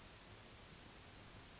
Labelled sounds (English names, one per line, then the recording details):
Western Flycatcher
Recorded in Sonoma County, California